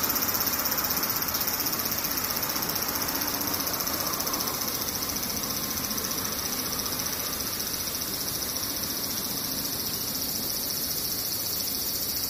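Cicadas buzz in one unbroken, dense drone throughout, with a bright, high, shrill whine that holds steady from start to finish. Beneath it runs a softer, rough low rumble, and the overall loudness stays almost level the whole time.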